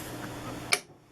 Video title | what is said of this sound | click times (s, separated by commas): Singer Walking Foot 211U566 | snap back in so your clutch is backing properly and so then you're good to go | 0.7 s